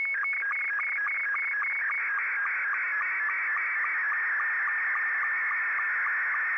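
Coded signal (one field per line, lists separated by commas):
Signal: SSTV (slow-scan television)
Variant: Scottie 2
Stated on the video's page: SSTV on 14.230 MHz received from far away using a WebSDR as receiver.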